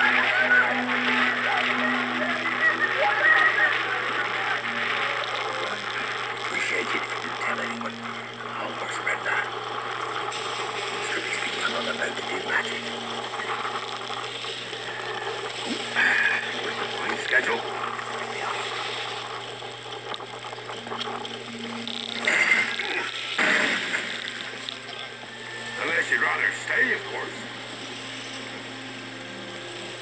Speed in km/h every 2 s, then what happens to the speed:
35, 34, 33, 31, 28, 26, 23, 21, 20, 17, 15, 12, 3, 0, 0.
0-25 slows to 0. 25-30 standing.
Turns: none.